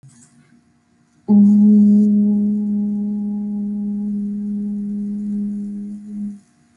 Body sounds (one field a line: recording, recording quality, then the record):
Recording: sustained vowel as in boot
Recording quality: excellent, no background noise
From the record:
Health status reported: healthy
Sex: female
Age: 26 years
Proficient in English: yes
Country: United States